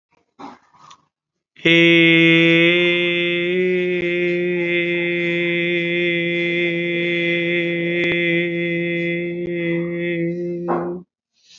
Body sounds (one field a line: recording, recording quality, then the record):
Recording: sustained vowel as in made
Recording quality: excellent, no background noise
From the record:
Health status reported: COVID-19 positive, moderate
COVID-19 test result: positive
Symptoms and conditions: breathing difficulty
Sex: male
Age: 53 years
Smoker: not ticked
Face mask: worn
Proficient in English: no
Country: India